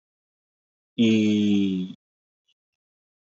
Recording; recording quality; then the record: sustained vowel as in beet; excellent, no background noise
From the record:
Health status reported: COVID-19 positive, mild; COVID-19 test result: positive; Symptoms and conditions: cough, fatigue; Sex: male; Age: 35 years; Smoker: not ticked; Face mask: not worn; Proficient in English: yes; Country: India